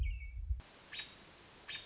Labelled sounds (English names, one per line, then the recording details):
American Robin
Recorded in Sonoma County, California